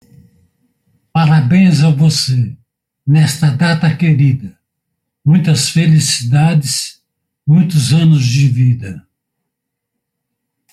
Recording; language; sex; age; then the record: short text; Brazilian Portuguese; male; 60 to 69 years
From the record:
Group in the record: control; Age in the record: 64 years